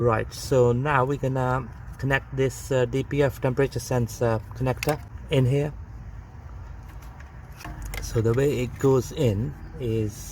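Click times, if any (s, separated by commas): none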